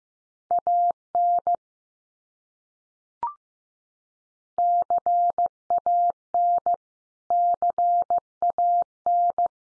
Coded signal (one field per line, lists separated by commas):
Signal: Morse code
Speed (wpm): 15 wpm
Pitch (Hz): 700 Hz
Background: none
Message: AN CAN CAN